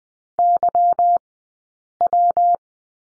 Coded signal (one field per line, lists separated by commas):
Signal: Morse code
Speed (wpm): 20 wpm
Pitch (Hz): 700 Hz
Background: none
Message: YW